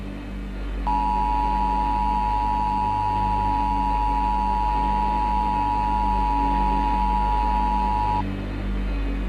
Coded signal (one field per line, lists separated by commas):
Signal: Emergency Alert System (SAME) tones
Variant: 853 and 960 Hz attention tone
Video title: EAS Scenario - The Rarity Virus 2